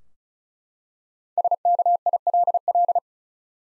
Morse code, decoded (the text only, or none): SKILL